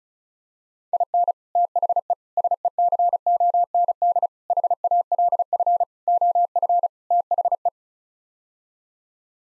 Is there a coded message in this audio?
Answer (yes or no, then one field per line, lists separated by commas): yes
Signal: Morse code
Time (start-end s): 0.9-7.7 s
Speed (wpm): 34 wpm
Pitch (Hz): 700 Hz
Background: none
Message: IN THE SECOND HALF OF THE